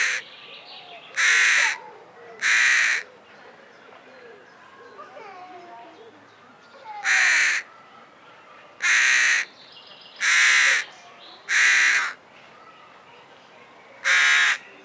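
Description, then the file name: Carrion crow giving a series of loud, grating caws, two early then five in a later run, with quieter birdsong between them. "Corvus corone"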